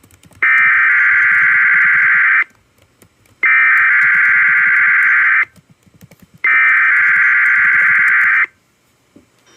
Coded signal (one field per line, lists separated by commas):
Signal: Emergency Alert System (SAME) tones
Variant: header bursts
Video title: Alot of tests and one FFW. EAS Alerts from 8/17/22